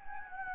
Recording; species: mosquito wingbeat signal from an infrared sensor; Anopheles gambiae